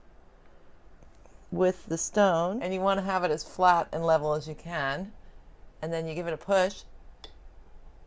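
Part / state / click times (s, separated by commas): faceted gemstone into snap-set prong setting / seated / 7.2 s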